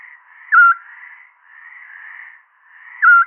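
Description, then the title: Eurasian scops owl call: a short, pure whistled note given twice, about 2.5 seconds apart, over a continuous soft background sound. "Sylvain Jaskowiak - Mes piafs. Petit Duc Scops"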